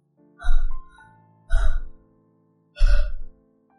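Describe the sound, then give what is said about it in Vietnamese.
Three heavy, strained gasping breaths from a person wounded by a large tiger fang lodged below the collarbone, each about half a second long with a rough, voiced edge, spaced evenly apart with short silences between and no speech. “thở gấp.”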